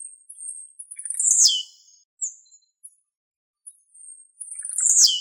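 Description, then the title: Bird song, thin, very high notes with sharp downward-sweeping chirps, separated by short high squeaks and brief pauses. "LuckyPassaros CompletosSama"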